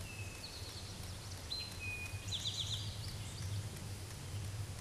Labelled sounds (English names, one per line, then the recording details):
Eastern Towhee song
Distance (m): 20 m
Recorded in a Pennsylvania forest on 17 May 2023 at 13:22
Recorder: AudioMoth, point grid1_32_low
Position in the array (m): 112 m, 106 m